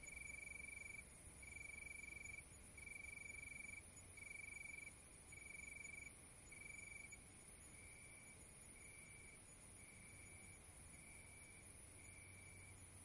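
Cricket trilling in loud pulsing bursts with short gaps for several seconds, then the bursts soften and run closer together over a faint low hum.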